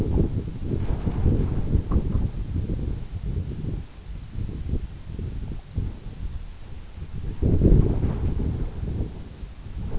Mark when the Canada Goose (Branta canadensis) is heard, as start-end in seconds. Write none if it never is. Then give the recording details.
7.08-7.46. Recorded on Arctic tundra, site EABA-1, on 26 June 2018. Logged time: 00:00